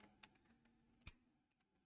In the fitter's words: bah y avait un truc qui était mal clipser voilà s'éclipse